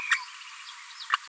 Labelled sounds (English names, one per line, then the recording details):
Green-rumped Parrotlet babbling
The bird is a female
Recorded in a nest box in Venezuela
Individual 17B73B2